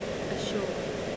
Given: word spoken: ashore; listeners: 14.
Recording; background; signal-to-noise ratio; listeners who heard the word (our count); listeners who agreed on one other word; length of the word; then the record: one English word in noise, from a listening test; speech-shaped noise; -5.2 dB; 0 of 14; 12 of 14; 0.76 s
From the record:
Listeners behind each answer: 12, 2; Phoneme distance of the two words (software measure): 10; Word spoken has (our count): 2 syllables, 3 phonemes, stress on syllable 2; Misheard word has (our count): 2 syllables, 3 phonemes, stress on syllable 2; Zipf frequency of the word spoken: 3.55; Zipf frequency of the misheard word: 4.05